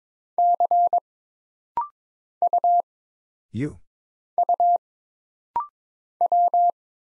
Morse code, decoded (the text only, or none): C U U W